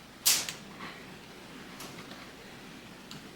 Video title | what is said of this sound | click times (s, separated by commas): How to Make Sublimation Journals and Notebooks - Free Sublimation Files | so I've got it here and I'm just going to start on one end and they click can you hear them clicking | 0.3 s, 0.5 s, 3.1 s